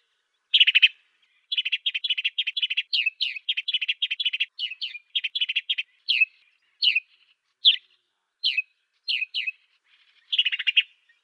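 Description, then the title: Swainson's sparrow chirping: bright notes in quick runs, then spaced single chirps, ending with a dense burst. "Aplikasi Suara Burung. Swainson's Sparrow (Passer swainsonii)"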